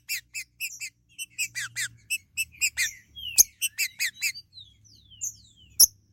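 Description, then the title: Green-winged saltator song: short chirps, then sliding whistles and scattered notes, punctuated by two sharp clicks, with a low hum in the background. "Trinca Ferro"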